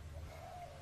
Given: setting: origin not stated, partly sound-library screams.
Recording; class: one-second piece from a danger detection set; normal situation